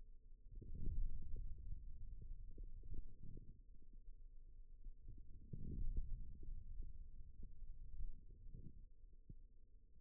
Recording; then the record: forearm muscle sounds (acoustic myography)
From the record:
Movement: ulnar deviation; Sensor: system 2, bracelet of six BSWA MPA416 microphones around the upper forearm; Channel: 1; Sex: male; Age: 22 years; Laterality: right